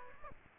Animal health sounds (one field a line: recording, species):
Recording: mosquito wingbeat signal from an infrared sensor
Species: Aedes aegypti